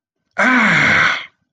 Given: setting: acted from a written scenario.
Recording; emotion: vocal sound without words; pain